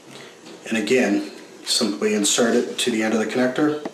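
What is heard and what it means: A fiber optic connector cleaner, fitted with its adapter, is being inserted onto the end of a fiber cable connector while someone talks. No click is heard in the clip. The cleaner has not yet been pressed home and nothing has clicked.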